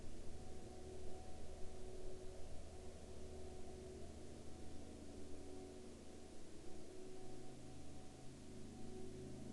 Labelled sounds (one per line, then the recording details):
machinery
aircraft
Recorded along the Dalton Highway, Alaska, on 12 April 2019 at 10:13
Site 06